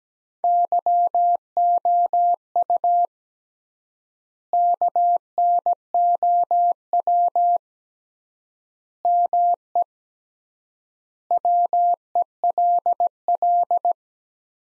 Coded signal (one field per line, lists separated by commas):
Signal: Morse code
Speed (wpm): 17 wpm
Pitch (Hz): 700 Hz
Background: none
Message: YOU KNOW ME WELL